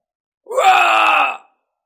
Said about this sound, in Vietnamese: Một tiếng hét thảm vang lên, toàn bộ thân thể của kẻ đánh lén tan rã ra, sau đó trở thành tro bụi, nguyên thần cũng không thể tránh được, hình thần câu diệt.